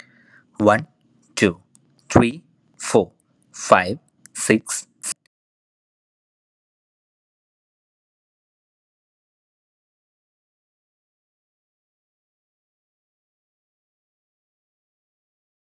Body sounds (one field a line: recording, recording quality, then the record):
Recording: counting at a normal pace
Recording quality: excellent, no background noise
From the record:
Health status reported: healthy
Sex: male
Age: 25 years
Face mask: not worn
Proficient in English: yes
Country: India